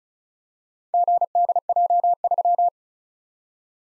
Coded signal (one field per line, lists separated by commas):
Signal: Morse code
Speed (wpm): 36 wpm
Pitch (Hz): 700 Hz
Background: none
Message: GDJ3